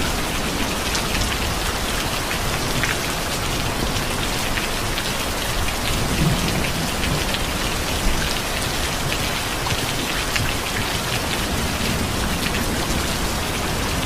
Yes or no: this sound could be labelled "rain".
yes